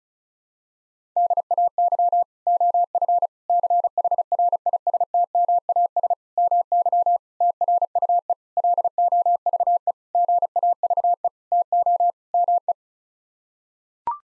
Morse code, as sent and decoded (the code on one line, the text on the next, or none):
-.. .- -.-- / --- ..-. / -.-. .... .-. .. ... - -- .- ... / -- -.-- / - .-. ..- . / .-.. --- ...- . / --. .- ...- . / - --- / -- .
DAY OF CHRISTMAS MY TRUE LOVE GAVE TO ME